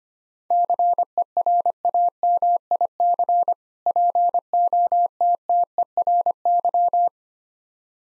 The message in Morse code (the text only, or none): CERAMIC POTTERY